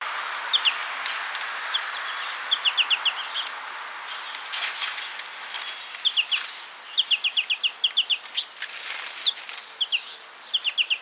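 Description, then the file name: American goldfinch uttering clipped, high twittering notes in short quick groups spaced by brief pauses, over background noise. "Carduelis tristis - American Goldfinch"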